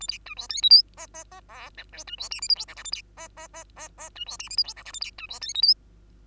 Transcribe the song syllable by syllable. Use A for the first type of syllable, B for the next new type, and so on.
A B C D E F G H H H I J K C D L M N O P Q A B H H H H H C D L M N O P Q A B C D E F G